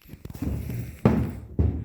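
A plastic bulb socket fitted with a T10 LED bulb is snapped back into the cargo light housing of a 2005 Ford F250 (2003–2007). Faint handling taps lead to a sharp snap at 1.1 s, followed by a softer knock around 1.6 s. The socket clicks in but does not seat fully home, which is why the light looks dimmer.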